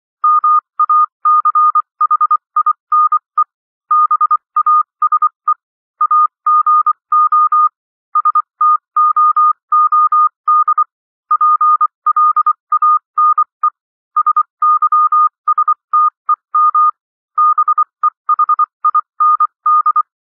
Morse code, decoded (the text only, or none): MACHINE BASE AGO STOOD PLANE SYSTEM BEHIND